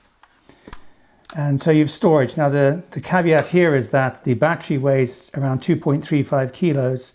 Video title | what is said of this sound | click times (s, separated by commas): A trip on the Brompton C Line E-Motiq | and making sure that it clicks into place. | 0.7 s